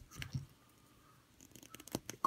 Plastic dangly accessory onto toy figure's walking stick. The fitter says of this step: ear somehow clicks right into place there